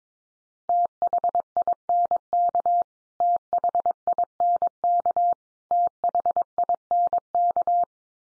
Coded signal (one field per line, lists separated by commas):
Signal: Morse code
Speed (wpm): 22 wpm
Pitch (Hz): 700 Hz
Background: none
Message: THINK THINK THINK